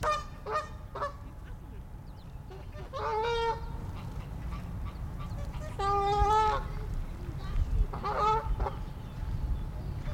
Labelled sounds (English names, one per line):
Canada Goose